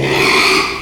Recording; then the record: squeal of a Yucatan mini pig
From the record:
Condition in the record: after surgery on the right vocal fold (resection and tissue-engineered implant); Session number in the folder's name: 1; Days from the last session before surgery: 6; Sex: male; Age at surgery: 12 weeks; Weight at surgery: 13 kg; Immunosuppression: cyclosporine, prednisolone